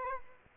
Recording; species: mosquito wingbeat signal from an infrared sensor; Aedes aegypti